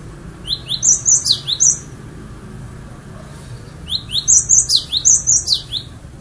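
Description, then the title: Bird song: a fast squeaky twittering phrase, a pause of about two seconds, then a second similar burst, all over a continuous low rumble. "kikicau"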